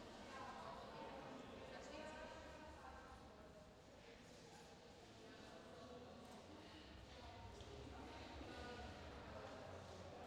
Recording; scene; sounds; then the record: everyday scene through a hearing-aid microphone; reverberant space; background noise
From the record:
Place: railway station hall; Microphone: in the ear canal, left